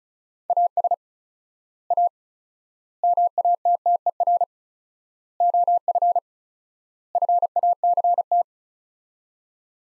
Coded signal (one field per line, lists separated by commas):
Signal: Morse code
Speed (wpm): 34 wpm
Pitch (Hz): 700 Hz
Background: none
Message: AS A MATTER OF FACT